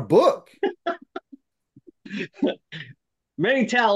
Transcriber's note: laughs